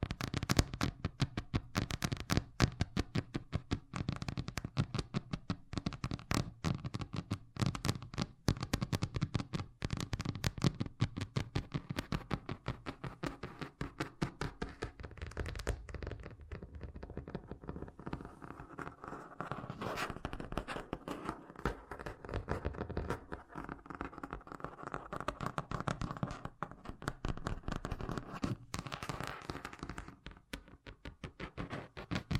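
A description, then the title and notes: Fast tapping runs the whole time as a dense stream of sharp, crackly clicks, quick and somewhat irregular. The first fifteen seconds are louder and fuller; after that the taps thin slightly and turn a bit softer, with a brighter murmur between them. ASMR Braingasm Inducing Fast Tapping (No Talking).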